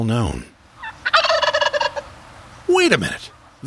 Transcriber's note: Wild Turkey gobbling